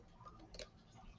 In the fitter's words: I think I heard that click that I'm looking for.